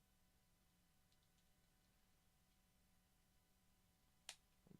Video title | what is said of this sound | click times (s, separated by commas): TayRayGun Building Block Live Show! | Press that down, make sure it stays all snapped into place. | 4.3 s